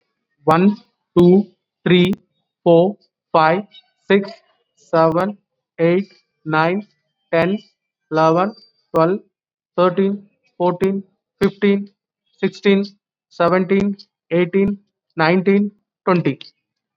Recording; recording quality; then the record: counting at a normal pace; excellent, no background noise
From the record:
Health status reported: COVID-19 positive, mild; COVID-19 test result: positive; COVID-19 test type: RT-PCR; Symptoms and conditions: cough, fever, fatigue, muscle pain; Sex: male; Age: 39 years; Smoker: yes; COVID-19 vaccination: both doses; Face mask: worn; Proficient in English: yes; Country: India